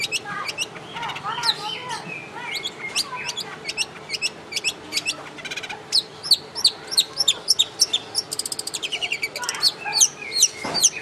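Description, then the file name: Long-tailed shrike singing a busy, varied medley of chirps, slurred whistles and fast rattling trills that change from phrase to phrase. Known locally as cendet or pentet; song showing varied patterns and styles. "suara burung cendet atau pentet dengan ragam variasi lagu dan gaya. omkicaudotcom"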